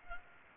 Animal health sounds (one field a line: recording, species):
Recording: mosquito wingbeat signal from an infrared sensor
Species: Culex pipiens